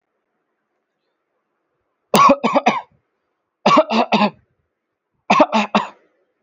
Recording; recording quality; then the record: heavy voluntary cough; excellent, no background noise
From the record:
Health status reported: respiratory illness, not identified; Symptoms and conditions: asthma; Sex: male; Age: 23 years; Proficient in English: yes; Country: India